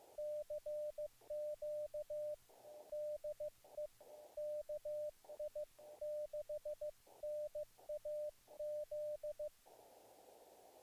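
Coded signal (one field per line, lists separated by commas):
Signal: Morse code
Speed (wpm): 15 wpm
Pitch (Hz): 600 Hz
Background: radio noise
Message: CQ DE KI6NAZ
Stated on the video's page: Signals on a zBitX, a 5-watt pocket HF SDR radio covering 80 to 10 m, with internal FT8 and CW.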